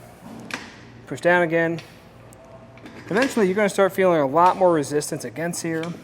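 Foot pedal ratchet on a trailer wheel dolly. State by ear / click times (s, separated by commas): seated / 0.5 s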